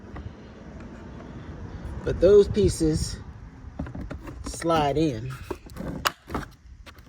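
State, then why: Seated. On a Can-Am Ryker, the plastic hood mounting tab pieces are slid into their slots in the fascia while someone talks. A sharp click at 6.1 s marks the tabs seating in place.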